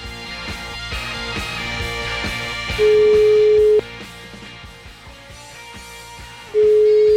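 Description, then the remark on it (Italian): An outgoing call's ringing tone during a radio show, placed to a sex worker on the Via Salaria: two long, steady, mid-pitched beeps several seconds apart, loud over a busy, cluttered background of music-like sound. “Una telefonatina sulla Salaria? La facciamo o no?”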